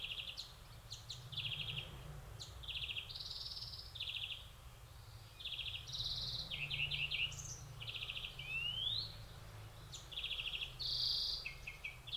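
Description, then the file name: European greenfinch in continuous twittering: clipped buzzy trills, chirps and an occasional upward slur, repeated in irregular runs over a low background rumble. "Chloris chloris"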